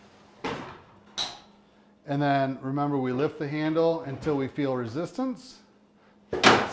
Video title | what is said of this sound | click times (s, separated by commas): Loading and Unloading HENNY PENNY Velocity Pressure Fryer PXE 100 | lower the fryer down until it clicks. | 0.5 s